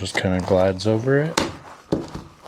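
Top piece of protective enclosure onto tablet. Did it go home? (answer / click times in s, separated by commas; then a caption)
yes / 1.9 s. Someone talks while the top piece of a protective tablet enclosure is slid over the tablet and pressed on. It snaps into place with a sharp click at 1.9 s, and the case is now locked.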